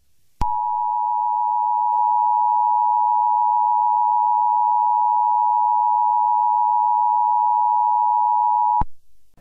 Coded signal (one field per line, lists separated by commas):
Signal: Emergency Alert System (SAME) tones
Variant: 853 and 960 Hz attention tone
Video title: Biohazard Purge: An EAS Mini Scenario